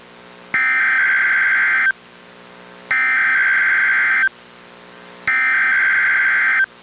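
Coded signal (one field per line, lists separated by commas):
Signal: Emergency Alert System (SAME) tones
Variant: header bursts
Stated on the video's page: NOAA Weather Radio required weekly test from NWS Portland relayed by Astoria transmitter, recorded from a Reecom R-1630 weather radio via Zoom H1 recorder.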